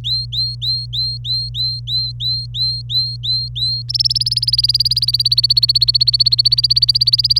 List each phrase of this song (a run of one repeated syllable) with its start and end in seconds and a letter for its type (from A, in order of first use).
0.04-3.82 A, 3.89-7.40 B